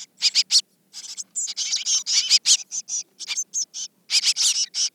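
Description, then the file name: Eurasian blue tit calls, irregular clusters of sharp high notes, some quick and scratchy, others clearer and trilled, coming in uneven bursts. "Cyanistes caeruleus"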